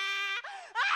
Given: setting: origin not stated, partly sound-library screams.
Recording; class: one-second piece from a danger detection set; woman in danger